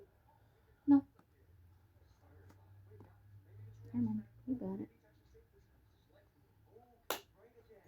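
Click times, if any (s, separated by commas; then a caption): 7.1 s. Someone talks while a RAM memory module is pressed straight down into a motherboard DIMM slot. At 7.1 s a sharp click sounds as the plastic retention clips snap shut on both sides, and the module is seated.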